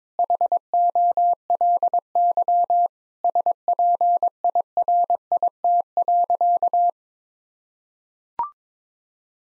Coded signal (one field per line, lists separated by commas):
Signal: Morse code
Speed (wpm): 21 wpm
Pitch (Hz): 700 Hz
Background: none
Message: HOLY SPIRIT.